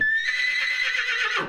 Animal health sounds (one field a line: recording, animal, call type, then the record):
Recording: contact call of a hoofed animal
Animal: horse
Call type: whinny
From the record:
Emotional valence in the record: negative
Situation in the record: group separation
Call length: 1.49 s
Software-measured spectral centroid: 2650 Hz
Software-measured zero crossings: 4130 a second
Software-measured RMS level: -24 dBFS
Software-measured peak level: -12 dBFS